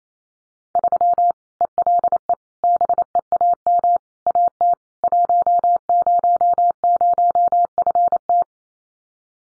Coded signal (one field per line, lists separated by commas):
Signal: Morse code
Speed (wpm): 28 wpm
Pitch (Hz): 700 Hz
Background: none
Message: 3 ELE BEAM AT 100FT